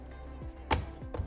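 A new replacement display panel for a Mazda CX-9 infotainment unit, fitted because the old screen was cracked with ghosting and spider webs, is pressed into its plastic housing during reassembly over a steady low hum. A sharp click at 0.7 s marks the panel snapping securely into place, followed by a softer tap at 1.1 s.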